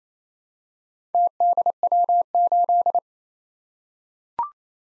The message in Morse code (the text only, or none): TDW8